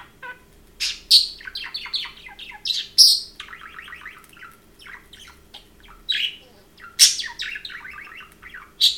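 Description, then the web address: Parrot chattering in rapid bursts of chirps, clicks and warbled notes, with occasional sharper high squeaks. Domestic pet parrot, chirping and talking. "domasen papagal curulika i govori"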